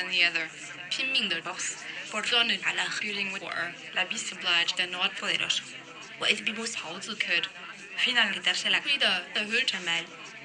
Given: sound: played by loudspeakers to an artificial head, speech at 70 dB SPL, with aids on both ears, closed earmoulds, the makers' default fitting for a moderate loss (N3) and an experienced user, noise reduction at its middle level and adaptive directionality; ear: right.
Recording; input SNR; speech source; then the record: speech test signal (ISTS) in cocktail-party noise; +9 dB; in front (0 degrees)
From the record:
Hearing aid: class 2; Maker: G